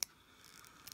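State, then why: Not seated. A small connecting piece of the belt is pressed against the back of the waist of a Bandai Myth Cloth EX Aldebaran (Taurus, SOG) action figure, but it will not go in because it is reluctant to be forced. There is a sharp plastic tick at the start, faint tapping and scraping in the middle, and a few light ticks near the end. Nothing has seated or clicked yet, and the belt stays unclipped.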